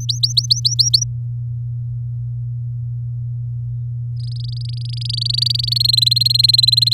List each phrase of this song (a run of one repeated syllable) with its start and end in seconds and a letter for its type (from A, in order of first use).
0.00-1.04 A, 4.16-5.78 B, 5.80-6.94 C